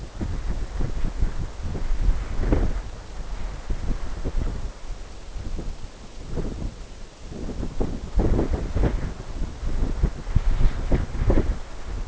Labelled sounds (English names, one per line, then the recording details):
none
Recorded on Arctic tundra, site NAIT-1, on 21 June 2018
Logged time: 17:00